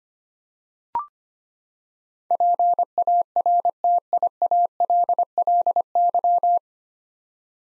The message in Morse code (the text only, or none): PARTIALLY